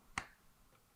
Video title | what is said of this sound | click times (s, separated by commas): Dog Leg Rail Installation Tutorial | I can feel that the cover you hear that little snap | 0.2 s